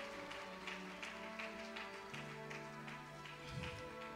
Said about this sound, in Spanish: Dele ese aplauso al Señor con todo el corazón y tómese un traguito de agua.